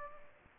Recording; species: mosquito wingbeat signal from an infrared sensor; Aedes aegypti